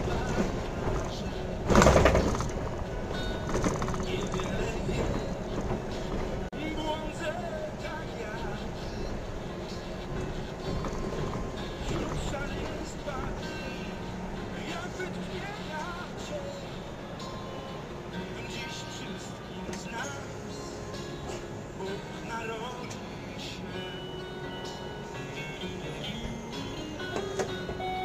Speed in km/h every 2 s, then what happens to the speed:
33, 33, 32, 30, 26, 22, 15, 11, 5, 0, 0, 0, 0, 1.
0-6 steady at about 32. 6-17 slows to 0. 17-28 standing.